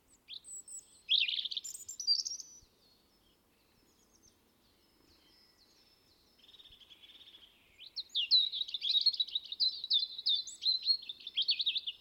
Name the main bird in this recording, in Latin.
Erithacus rubecula